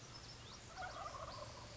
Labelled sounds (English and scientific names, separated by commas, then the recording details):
Wild Turkey (Meleagris gallopavo)
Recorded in Sonoma County, California